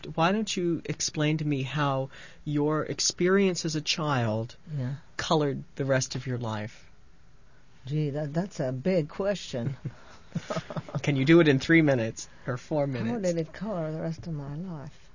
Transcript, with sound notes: Why don't you explain to me how your experience as a child colored the rest of your life?
Gee, that's a big question.
( he laughs ) Can you do it in three minutes, or four minutes?
How did it color the rest of my life?